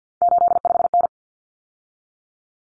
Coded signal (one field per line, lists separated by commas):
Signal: Morse code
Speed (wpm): 50 wpm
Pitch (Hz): 700 Hz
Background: none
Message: 85N